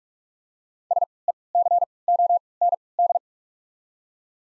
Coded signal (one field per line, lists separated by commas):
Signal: Morse code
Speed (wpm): 46 wpm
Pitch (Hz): 700 Hz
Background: none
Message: S E C O N D